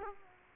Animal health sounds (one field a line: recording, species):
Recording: mosquito wingbeat signal from an infrared sensor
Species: Aedes aegypti